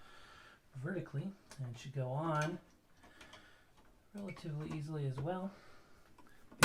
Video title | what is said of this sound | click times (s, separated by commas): Technics Deep Dive! Teardown! | ones like to be in an almost upright position before they click into place | 6.6 s